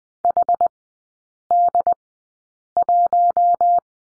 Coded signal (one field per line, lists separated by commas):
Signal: Morse code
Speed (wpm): 20 wpm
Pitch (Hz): 700 Hz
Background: none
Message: HD1